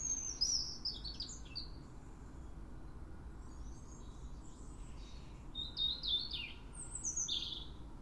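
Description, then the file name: European robin warbling in quick, high, descending flourishes, a brief lull, then more glittering notes, against a soft low background hiss. "Erithacus rubecula"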